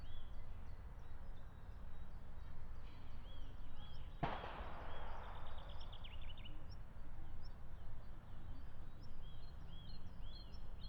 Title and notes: aleja Spacerowa. Siemianowice Śląskie, Polska - Łąka przy strzelnicy. sobota 23 marca 2019. Dzięcioł zielony (Picus viridis)